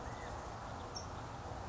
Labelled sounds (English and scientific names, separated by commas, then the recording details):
California Quail (Callipepla californica)
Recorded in Sonoma County, California